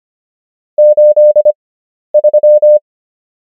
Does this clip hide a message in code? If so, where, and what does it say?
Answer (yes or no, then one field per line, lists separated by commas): yes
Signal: Morse code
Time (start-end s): 0.8-2.8 s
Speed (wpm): 25 wpm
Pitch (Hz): 600 Hz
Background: none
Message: 83